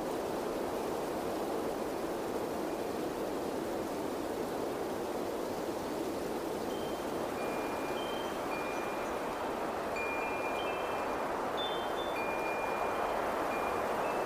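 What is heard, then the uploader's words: Wind chimes ring with thin, bright tones that grow more frequent after halfway, over a steady, dense rush of wind. Wind Chimes + Windy Sounds.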